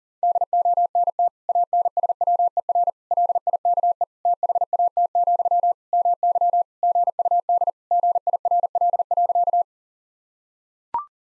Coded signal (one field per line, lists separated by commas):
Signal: Morse code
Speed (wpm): 37 wpm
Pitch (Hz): 700 Hz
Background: none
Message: DONT ANSWER LIKE THAT, MY GUD GIRL.